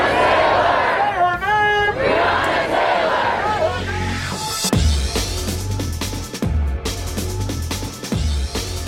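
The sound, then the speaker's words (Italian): A large protest crowd in a square in Louisville, Kentucky, USA, chants loudly in unison, many voices rising together in repeated shouted phrases such as "Say her name!", followed by rougher crowd noise punctuated by a few sharp thuds. “E avete sentito brevemente, quasi come un graffio, quello che è il grido della piazza nel Kentucky, Louisville in particolare.”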